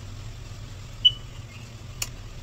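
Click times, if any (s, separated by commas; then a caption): 1.1 s, 2.0 s. A coolant hose quick-connect coupling on a 2017 Audi Premium is pushed onto its coolant fitting on the engine during a coolant leak repair. Over a low, steady hum, a sharp tonal click sounds at 1.1 seconds and a brief broadband snap follows at 2.0 seconds. The coupling clicks in and is seated.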